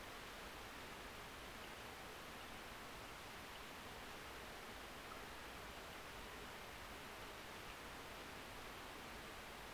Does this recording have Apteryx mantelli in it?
no